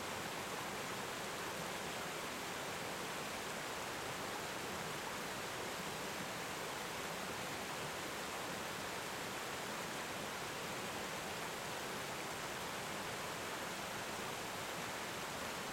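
A waterfall on a river roars steadily for the whole recording, a dense, unbroken wash of rushing water with no pauses. The sound is bright, spread from a low rumble up to a hissing top, level throughout with no distinct events.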